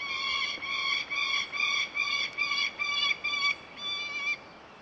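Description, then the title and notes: Peregrine falcon giving a loud series of rasping, clipped cries, roughly two per second, stopping near the end. Recordings made in various parts of the world. "Verso del falco pellegrino. Angolo dei Bimbi"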